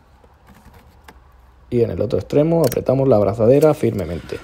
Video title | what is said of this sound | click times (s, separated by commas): Renovación sistema refrigeración BMW 530d (E39) | Nous insérons jusqu'à écouter le clip | 1.1 s